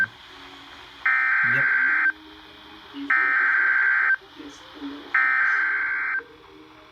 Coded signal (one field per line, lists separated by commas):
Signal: Emergency Alert System (SAME) tones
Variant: header bursts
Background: speech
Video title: EAS 316-317: WZ double header